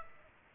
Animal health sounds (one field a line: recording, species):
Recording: mosquito wingbeat signal from an infrared sensor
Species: Aedes aegypti